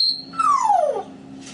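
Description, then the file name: Grey parrot whistling: a brief high pure note, then a clear whistle gliding smoothly downward. Grey parrot named Grig, talking. "a vot eto razgovarivaet odna pernataya skotina po imeni grig"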